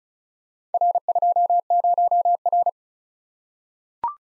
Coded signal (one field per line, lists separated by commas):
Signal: Morse code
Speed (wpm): 36 wpm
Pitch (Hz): 700 Hz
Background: none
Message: R20R